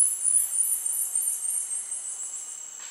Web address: Natures Songs S America Primates of the Rainforest Snethlage's marmoset